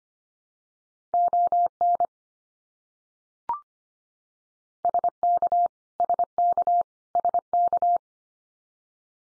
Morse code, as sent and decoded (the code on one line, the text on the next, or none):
--- -. / ... -.- / ... -.- / ... -.-
ON SK SK SK